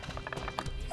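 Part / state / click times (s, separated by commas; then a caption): end cap onto roof rack crossbar / not seated / none. A plastic end cap is handled at the end of a Yakima roof rack crossbar on a 2018 Ram 1500, producing light tapping and knocking sounds. Nothing has seated or clicked into place yet.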